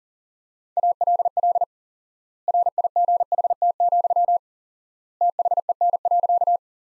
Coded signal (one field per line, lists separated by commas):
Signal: Morse code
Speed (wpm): 40 wpm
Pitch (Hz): 700 Hz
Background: none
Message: ALL RIGHT, THEN.